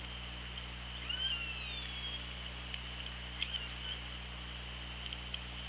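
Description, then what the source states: Orca call, a faint high harmonic whistle with a drawn-out descending tail, against a steady hissing, humming underwater background. OrcaLab hydrophone, 24 August 2017 at 16:03:43.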